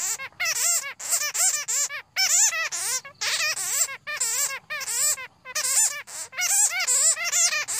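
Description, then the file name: Bat calls as a steady series of piercing, wobbling squeaks, delivered in rapid clusters with short breaks, the chattering continuing throughout. "Tieng doi keu"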